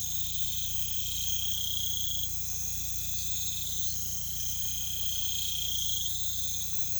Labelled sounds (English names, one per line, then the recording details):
none
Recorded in pastures near Puerto Asís, Putumayo, Colombia, on 16 December 2024 at 23:00
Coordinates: 0.472, -76.331
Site GP02